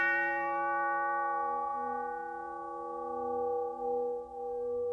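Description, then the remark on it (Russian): A sergeant strikes a gong once in a hall with the barrel of an SVT rifle. It rings out in a mellow, steady metallic tone, its layered overtones humming and slowly fading over several seconds, with no voices. “Остальные отошли на несколько шагов, и сержант, не сильно размахнувшись, ударил в гонг стволом СВТ.”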